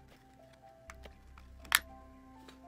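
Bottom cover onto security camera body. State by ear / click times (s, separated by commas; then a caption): seated / 1.8 s. A plastic bottom cover is pressed onto a Wyze security camera body, and it snaps into place with one sharp click at 1.8 s. A few faint ticks come before it, over a low steady hum, and one more soft tick follows near 2.5 s. The cover ends up seated.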